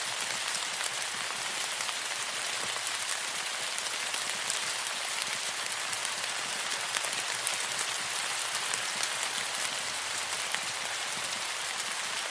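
Heavy tropical rain pours down steadily, a dense hiss of countless drops strongest in the upper range, with fine crackling taps of individual drops striking a surface. The downpour holds constant throughout, close and enveloping, with no pauses and little low rumble beneath.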